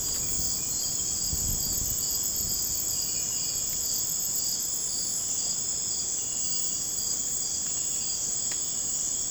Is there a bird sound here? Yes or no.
no